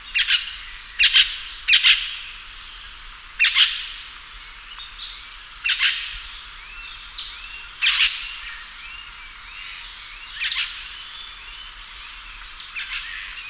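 Bird giving harsh calls in short bursts at irregular intervals.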